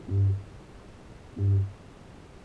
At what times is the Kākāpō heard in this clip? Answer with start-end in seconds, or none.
0.00-2.45